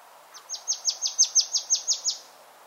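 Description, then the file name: Marsh Tit calling: a quick run of about eleven sharp, high, downward-slurred notes, rising in strength then fading, over a faint background hiss. "Poecile palustris"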